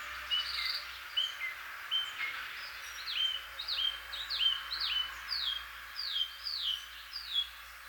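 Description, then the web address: Northern mockingbird singing a run of repeated sharp, descending slurred whistles, with faint background hiss. "Northern mockingbird. صدای-پرنده-مرغ-تقلیدگر-شمالی"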